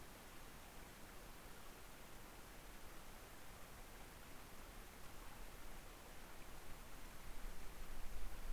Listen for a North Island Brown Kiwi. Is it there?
no